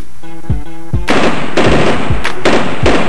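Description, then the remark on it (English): A loud burst of gunfire, rapid cracking shots in several clustered volleys, follows a short tonal musical intro with deep, evenly spaced bass thumps that keep pulsing underneath. “Nigga, let it have a shootout, nigga.”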